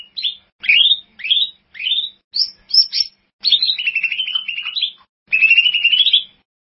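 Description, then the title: Bird song opening with a run of sharply upslurred whistles, then fast chattering trills that waver and rise slightly. "burung online"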